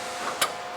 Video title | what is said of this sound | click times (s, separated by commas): Subaru WRX/STI (GR/GV) Hood Scoop Block-Off Kit Install | put it on and it snaps into place and then it's it's captivated by that hole it's really nice and neat | 0.4 s